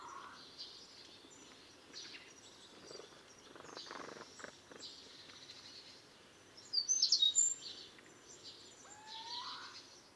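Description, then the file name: Eurasian wren: one short burst of rapid, hard high ticking notes about seven seconds in, over quiet background noise with faint chirps and a brief rising whistle later. "Troglodytes troglodytes"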